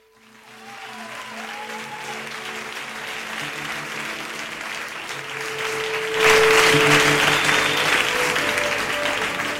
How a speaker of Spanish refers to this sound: Me aplauden y todo.